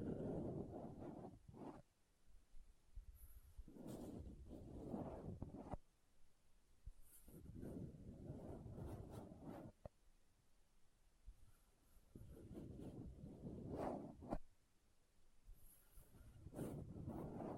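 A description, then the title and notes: Rummaging through a bag with no talking: bursts of low rustling and shuffling every few seconds, with brief sharp clicks and scrapes between. ASMR What's In My Bag (No Talking).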